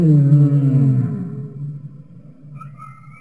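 Humpback whale song: a loud deep harmonic moan slowly falling and fading, with faint higher tones at the end.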